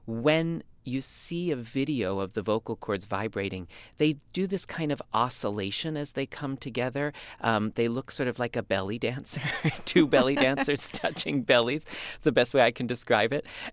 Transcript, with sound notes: When you see a video of the vocal cords vibrating, they do this kind of oscillation as they come together. They look sort of like a belly dancer.
(LAUGHTER)
Two belly dancers touching bellies - the best way I can describe it.